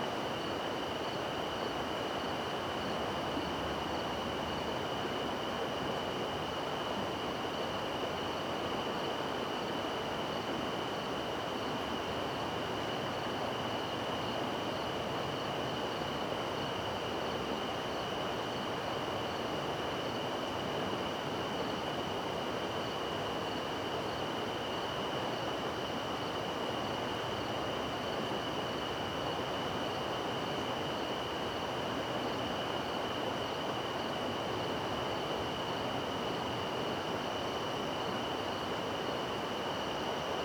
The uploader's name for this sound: Calming River Ambience at Night